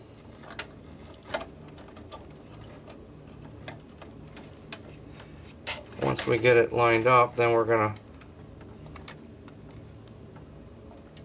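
A DDR2 memory module is being lined up with its motherboard DIMM slot in a Dell Dimension 5150 while someone talks briefly. Faint ticks and taps of handling are heard throughout. The plastic retaining clip has not snapped closed and nothing has seated yet.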